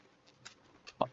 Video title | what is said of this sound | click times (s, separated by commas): Printer Upgrade that Changed My Life 👀 #3dprinting #3dprinter #3dprints #3dprinterupgrade | Yep, they're lining up good. And then there should be a audible click | 1.0 s